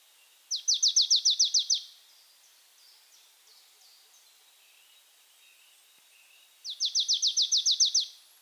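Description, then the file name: Marsh tit giving two rapid, even rattles of high clipped notes, each a little over a second long, separated by a pause filled with soft thin chirps. "Poecile palustris"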